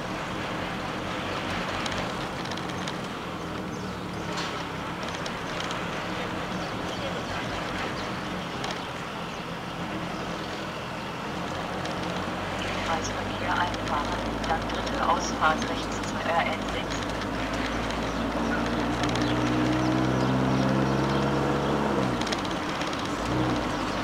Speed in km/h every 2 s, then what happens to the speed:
28, 22, 24, 27, 27, 29, 34, 33, 36, 41, 44, 46.
0-3 slows to 22. 3-24 speeds up to 46.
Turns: none.